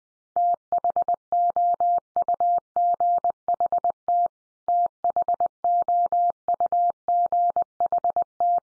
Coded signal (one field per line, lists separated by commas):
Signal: Morse code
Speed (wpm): 20 wpm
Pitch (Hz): 700 Hz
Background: none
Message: THOUGHT THOUGHT